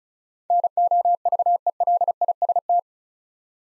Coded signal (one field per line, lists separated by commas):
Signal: Morse code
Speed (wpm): 36 wpm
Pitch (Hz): 700 Hz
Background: none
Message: NOVELIST